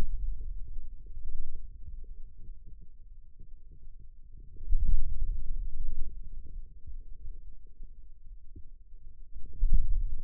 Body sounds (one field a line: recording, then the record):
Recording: forearm muscle sounds (acoustic myography)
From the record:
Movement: inward rotation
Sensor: system 2, bracelet of six BSWA MPA416 microphones around the upper forearm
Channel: 2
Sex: male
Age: 22 years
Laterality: right